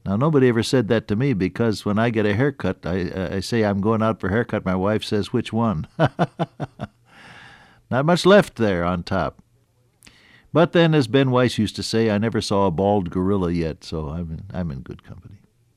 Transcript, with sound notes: Now nobody ever said that to me, because when I get a haircut, I say, “I’m going out for a hair cut,” my wife says, “Which one?” [chuckle] Not much left there on top. But then, as Ben Weiss used to say, “I never saw a bald gorilla yet,” so I’m in good company.